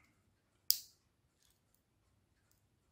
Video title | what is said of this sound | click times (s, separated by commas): Vape Hunter 👀 GOs INNOKIN 20220820 | ah done it a little click and | 0.7 s